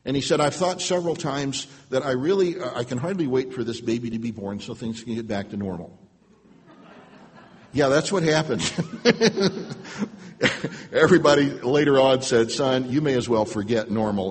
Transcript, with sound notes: And I have thought several times that I really, I can hardly wait for this baby to be born so things can get back to normal.” (laughter) Yeah, that’s what happened – everybody later on said, “Son, you may as well forget normal.